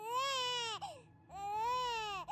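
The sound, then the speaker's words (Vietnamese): A baby cries from inside a house in two long, high-pitched wails separated by a brief pause, each strained and loud with a sharp catch of breath at the end. “Nhưng bất chợt ông Hải nghe thấy tiếng trẻ con khóc vọng ra từ bên trong nhà.”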